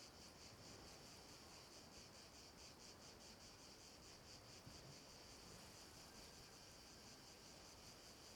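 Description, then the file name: Cicadas in a continuous high buzzing chorus with faint pulsing, over a constant hiss. Cicadas at night. "Ambience Cicadas Night 4"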